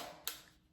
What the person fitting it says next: then it just clicks in place.